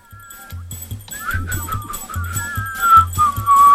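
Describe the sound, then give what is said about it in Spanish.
Several overlapping whistled tones rise and waver together in a loose chorus, growing louder toward the end, over a steady rhythmic low thumping beat; a whistling chorus heard every night. “Aquí está el coro estable de Angelito Silbadores, todas las noches haciéndonos compañía, calentándonos en nuestras cuchitas.”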